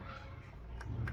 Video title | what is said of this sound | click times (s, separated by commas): Belimo Actuator/motor kaise kaam karta hai #belimo #electrician #electrical | ये इस पर लॉक हो गया, | 0.8 s, 1.1 s